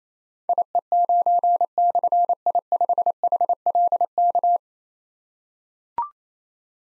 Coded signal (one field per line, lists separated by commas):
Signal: Morse code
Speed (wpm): 28 wpm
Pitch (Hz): 700 Hz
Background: none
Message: IE9/I5HLK